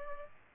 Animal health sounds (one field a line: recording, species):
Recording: mosquito wingbeat signal from an infrared sensor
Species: Aedes albopictus